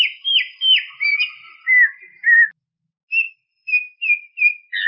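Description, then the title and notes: Greater green leafbird, long drawn whistles and slurred notes, then short pauses broken by separate whistled phrases. Champion-quality singing bird. "Kicau Burung Cucak Ijo Juara. Suara kicauan burung cucak ijo"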